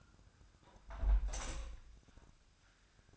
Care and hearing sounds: daily activity, microphone in the room; close window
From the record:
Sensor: 2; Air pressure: 1004.5 hPa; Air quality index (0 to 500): 114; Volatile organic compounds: 3 ppm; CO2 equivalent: 1384 ppm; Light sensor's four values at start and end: 6/14/6/6 and 6/14/5/6

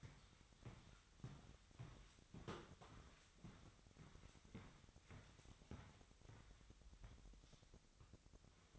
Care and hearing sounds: daily activity, microphone in the room; walk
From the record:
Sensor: 3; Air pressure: 1001.6 hPa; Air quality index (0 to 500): 227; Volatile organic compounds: 33 ppm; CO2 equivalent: 3014 ppm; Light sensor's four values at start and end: 12/37/16/14 and 13/39/17/14

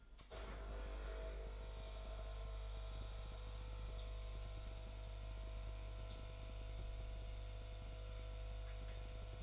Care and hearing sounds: daily activity, microphone in the room; make coffee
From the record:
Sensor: 5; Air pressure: 1002.1 hPa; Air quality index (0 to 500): 221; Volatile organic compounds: 26 ppm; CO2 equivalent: 2872 ppm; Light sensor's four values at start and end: 10/24/10/11 and 10/24/10/11

